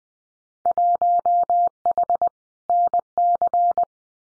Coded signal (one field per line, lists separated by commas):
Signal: Morse code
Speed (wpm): 20 wpm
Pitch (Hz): 700 Hz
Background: none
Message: 1H NC